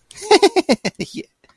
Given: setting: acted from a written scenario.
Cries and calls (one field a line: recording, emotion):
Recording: vocal sound without words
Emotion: elation